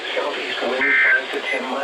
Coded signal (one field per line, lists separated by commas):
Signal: Emergency Alert System (SAME) tones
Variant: end-of-message bursts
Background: speech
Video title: Required Weekly Tests from 7/28/21 (EAS 6101-6108)